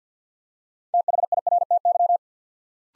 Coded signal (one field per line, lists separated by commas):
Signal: Morse code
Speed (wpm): 50 wpm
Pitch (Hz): 700 Hz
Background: none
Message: THIRTY